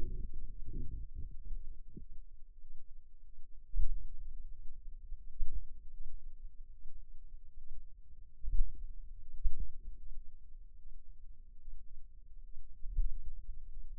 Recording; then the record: forearm muscle sounds (acoustic myography)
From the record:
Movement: finger pinch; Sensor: system 2, bracelet of six BSWA MPA416 microphones around the upper forearm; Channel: 6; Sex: female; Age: 23 years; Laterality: right